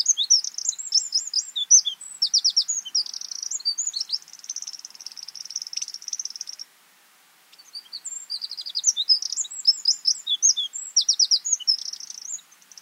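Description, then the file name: Eurasian wren singing long, loud, high phrases of fast tumbling notes and a sustained rattling trill, one brief silence, then another rapid twittering phrase. "Troglodytes troglodytes"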